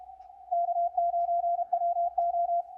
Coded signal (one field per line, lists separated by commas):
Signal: Morse code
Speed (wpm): 35 wpm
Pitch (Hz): 690 Hz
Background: none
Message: K9WO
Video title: Guided CWT VIDEO